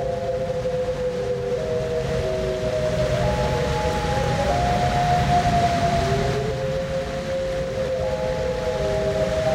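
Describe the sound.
Loon calls, several sustained wavering tones overlapping and sliding between pitches over nearly ten seconds, steady hiss underneath.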